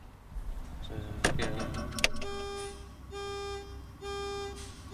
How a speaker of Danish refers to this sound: Det er ikke hornet, er det? Det er et blinklys. Kan du skrue ned fra radioen? Det er blinklys. Og det er blinklyset? Det er blinklyset, det her. Hvad er det for en lastbil, vi sidder i? Det er, jeg vil godt gætte, det er en Iveco.